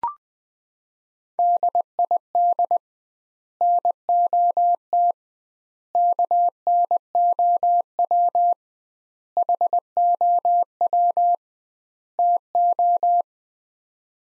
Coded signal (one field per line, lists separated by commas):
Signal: Morse code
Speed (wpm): 20 wpm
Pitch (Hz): 700 Hz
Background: none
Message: DID NOT KNOW HOW TO